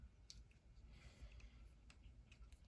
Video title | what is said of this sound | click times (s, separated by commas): Smt10 diagnosis and ice fishing fun. | oh, there we go. It wasn't popped into place. | 0.3 s